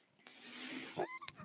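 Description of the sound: A steady high airy hiss of under a second, then a brief tonal sound: one breath from a home mechanical ventilator heard in the background.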